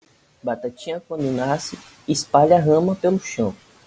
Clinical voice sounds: short text; Brazilian Portuguese; male; 20 to 29 years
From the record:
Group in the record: control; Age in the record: 26 years

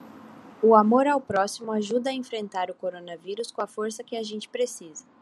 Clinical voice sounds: spoken sentence; Brazilian Portuguese; female; 20 to 29 years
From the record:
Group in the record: control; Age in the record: 22 years

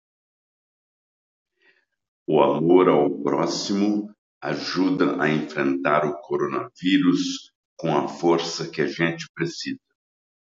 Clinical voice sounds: spoken sentence; Brazilian Portuguese; male; 60 to 69 years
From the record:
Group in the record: control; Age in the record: 69 years

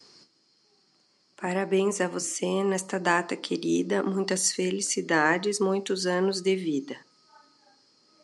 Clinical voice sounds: short text; Brazilian Portuguese; female; 40 to 49 years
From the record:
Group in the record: control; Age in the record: 40 years

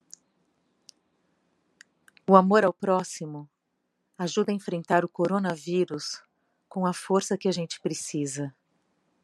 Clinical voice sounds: spoken sentence; Brazilian Portuguese; female; 50 to 59 years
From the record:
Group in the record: control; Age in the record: 59 years

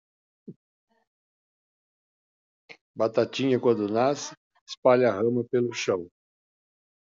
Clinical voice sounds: short text; Brazilian Portuguese; male; 70 to 79 years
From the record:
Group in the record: control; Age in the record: 70 years

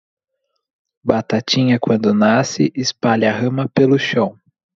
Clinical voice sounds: short text; Brazilian Portuguese; male; 20 to 29 years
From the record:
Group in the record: control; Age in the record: 26 years

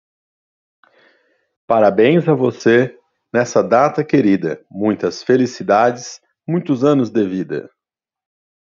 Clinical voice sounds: short text; Brazilian Portuguese; male; 40 to 49 years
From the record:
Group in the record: control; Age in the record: 49 years

